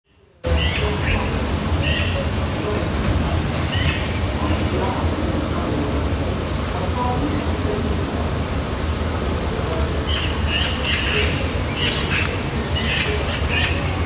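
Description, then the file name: Eurasian magpie calls: harsh, rasping squawks in short bursts, a few early on then a quicker cluster near the end, over a steady low rumble. Young magpies. "jonge eksters"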